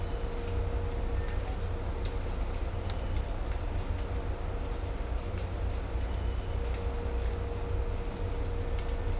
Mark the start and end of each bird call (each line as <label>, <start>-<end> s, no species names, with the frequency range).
bird call (1.2-2.6 kHz), 1.11-1.39 s